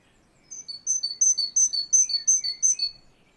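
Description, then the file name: Great tit song, rapid repeated two-note phrases, high then slightly lower, several times, with faint lower whistled notes behind. "Canto do chapins real"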